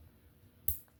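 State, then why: Seated. A plastic magnet-retaining clip is pressed with a tool into the corner of a Carrera 132 slot car's plastic chassis, fixing magnets that were put in wrong so the magnet sits lower. After quiet low handling noise, one sharp snap at 0.7 s marks the clip seating in its slot.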